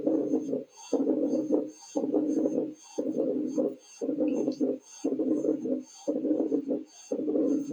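A steady cycle of about 58 per minute, each cycle carrying a long, low blowing sound that fills most of the beat before a short pause. This is a diastolic heart murmur in an adult: abnormal flow noise during the heart's filling phase.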